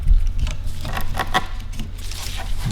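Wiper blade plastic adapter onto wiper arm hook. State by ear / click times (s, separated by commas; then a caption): not seated / none. A wiper arm hook on a 2008–2020 Dodge Grand Caravan is slid over the top of the plastic bracket in the centre of a new front wiper blade and lined up before the blade is pushed back. Short plastic taps, scrapes and light rattles are heard over a low steady hum, but nothing has seated or clicked yet.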